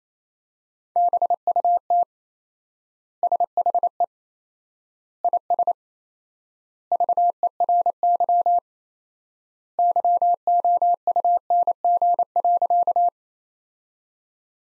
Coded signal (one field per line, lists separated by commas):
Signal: Morse code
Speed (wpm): 28 wpm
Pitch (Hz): 700 Hz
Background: none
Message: BUT SHE IS VERY YOUNG.